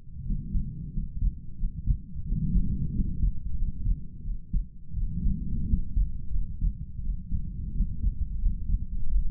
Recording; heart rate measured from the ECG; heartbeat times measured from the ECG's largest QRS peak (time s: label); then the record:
heart sounds by stethoscope; 88 bpm
0.23 s: heartbeat
0.90 s: heartbeat
1.56 s: heartbeat
2.24 s: heartbeat
2.92 s: heartbeat
3.55 s: heartbeat
4.22 s: heartbeat
4.94 s: heartbeat
5.66 s: heartbeat
6.31 s: heartbeat
7.01 s: heartbeat
7.73 s: heartbeat
8.38 s: heartbeat
9.07 s: heartbeat
From the record:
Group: healthy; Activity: rest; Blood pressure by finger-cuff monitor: 80/53 mmHg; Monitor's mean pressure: 61 mmHg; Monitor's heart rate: 87 bpm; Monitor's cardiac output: 5.7 L/min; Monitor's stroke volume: 64 mL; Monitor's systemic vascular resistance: 740 dyn s/cm5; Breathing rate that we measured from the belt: 26 breaths a minute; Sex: male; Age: 22 years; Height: 181 cm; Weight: 60 kg